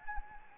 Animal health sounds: mosquito wingbeat signal from an infrared sensor; Anopheles arabiensis

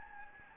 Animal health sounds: mosquito wingbeat signal from an infrared sensor; Anopheles gambiae

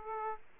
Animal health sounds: mosquito wingbeat signal from an infrared sensor; Aedes aegypti

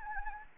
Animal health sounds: mosquito wingbeat signal from an infrared sensor; Anopheles gambiae

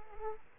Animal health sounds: mosquito wingbeat signal from an infrared sensor; Aedes aegypti

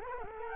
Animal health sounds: mosquito wingbeat signal from an infrared sensor; Culex quinquefasciatus

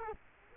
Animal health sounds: mosquito wingbeat signal from an infrared sensor; Culex quinquefasciatus

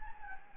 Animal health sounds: mosquito wingbeat signal from an infrared sensor; Anopheles gambiae

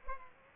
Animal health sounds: mosquito wingbeat signal from an infrared sensor; Culex pipiens

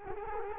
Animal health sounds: mosquito wingbeat signal from an infrared sensor; Culex quinquefasciatus

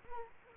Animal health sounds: mosquito wingbeat signal from an infrared sensor; Culex quinquefasciatus

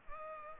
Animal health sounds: mosquito wingbeat signal from an infrared sensor; Culex pipiens

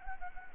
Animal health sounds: mosquito wingbeat signal from an infrared sensor; Anopheles gambiae

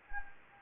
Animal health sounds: mosquito wingbeat signal from an infrared sensor; Anopheles gambiae

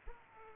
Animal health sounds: mosquito wingbeat signal from an infrared sensor; Culex pipiens

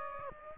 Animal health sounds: mosquito wingbeat signal from an infrared sensor; Aedes aegypti

